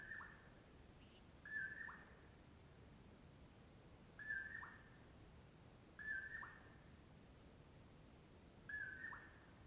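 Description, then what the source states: Common Poorwill singing soft whistled two-part phrases, a level note then a dropping one, given five times at uneven gaps. Heard at dawn before other morning birds start, near Colockum Pass off Brewton Road; mellow "poor-will-low"; crepuscular nightjar.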